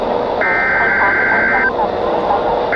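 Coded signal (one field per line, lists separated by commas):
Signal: Emergency Alert System (SAME) tones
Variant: header bursts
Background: speech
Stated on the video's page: Required weekly test recorded live.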